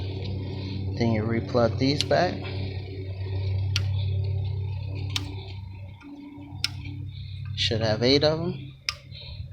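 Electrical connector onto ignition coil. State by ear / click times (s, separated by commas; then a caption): seated / 3.8 s, 5.2 s, 6.6 s. After changing the spark plugs on an Audi, plastic electrical connectors are pushed back onto the ignition coils one by one while someone talks. Each connector snaps into place with a sharp click at 3.8, 5.2 and 6.6 seconds, showing it has seated.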